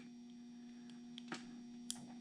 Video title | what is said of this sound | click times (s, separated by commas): 1935 Chevy Sedan Dash Rewire and Headlamp Assembly | very small click it's pushed in all the way and we just keep going | 1.9 s